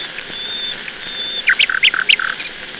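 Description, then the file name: Nightingale singing: two long high whistles followed by a burst of loud, rich chooking notes alternating high and low. "Solovei"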